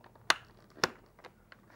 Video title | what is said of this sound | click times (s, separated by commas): How to change a visor: HJC i70 motorcycle helmet | push until they click | 0.3 s